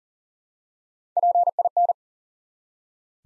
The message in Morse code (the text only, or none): PIN